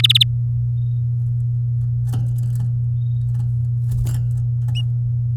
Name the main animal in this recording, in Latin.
Serinus canaria